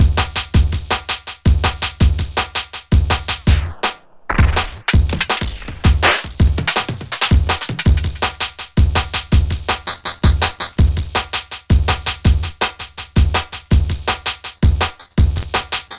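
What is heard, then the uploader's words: Circuit-bent delay effects on a simple drum pattern: punchy, regular kicks and bright hits repeat steadily, with a brief glitchy break around four seconds. A demo of a zoom 1202 effects unit with reclocking knob and RAM decimation switch matrix. Certain switch combinations cause the circuit bent delay effects to be frozen and looped. This demo shows the effect on individual drum sounds and then on a simple drum pattern.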